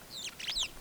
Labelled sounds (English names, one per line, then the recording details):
Superb Starling flight call
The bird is a male
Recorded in Kenya on 25 April 2009 at 07:49
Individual 94, of group SRB2